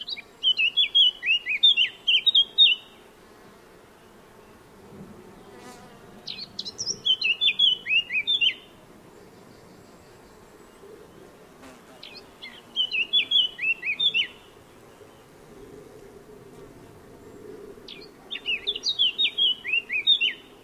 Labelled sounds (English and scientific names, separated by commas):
Eurasian Blackcap (Sylvia atricapilla) song